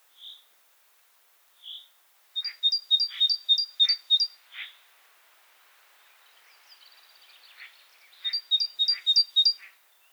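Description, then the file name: Great tit calls: two bursts of rapid, ringing two-note chinks repeated about four times a second, mixed with short harsh rasping notes and a few soft isolated notes. "Parus major"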